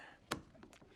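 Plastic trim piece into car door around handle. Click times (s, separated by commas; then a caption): 0.3 s. A plastic trim piece is fitted into a car door around the door handle, with the handle pulled first. One sharp snap at 0.3 s, followed by two fainter ticks, shows the trim piece seating in place.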